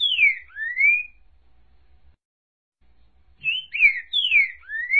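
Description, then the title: Green-winged saltator whistling: two slurred notes, one falling and one rising, then after a pause a quicker run of several slurred whistles. Song style called voice 06, one of fourteen song types of the species. "Canto De Trinca Ferro Voz 06"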